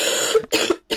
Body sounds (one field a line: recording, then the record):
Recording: coughing mixed with background sound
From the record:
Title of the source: 55 gaggy wet cough